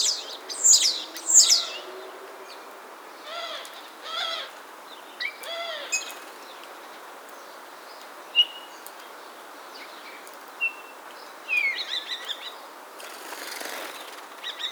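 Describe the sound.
Common starling song, scattered phrases: rapid rattling clicks, short rasping bursts and thin whistles separated by pauses, ending in a harsh noisy burst.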